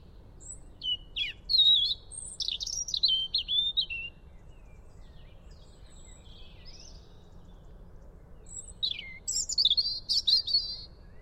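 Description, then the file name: European robin with two separated phrases of thin high whistles and rapid twisting warbles, a quiet spell between them. "Erithacus rubecula"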